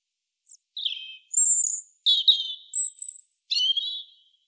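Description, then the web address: European robin song made of separate thin whistled notes that jump between high and lower pitches, each one sliding, in a clean setting. "SETE Erithacus rubecula"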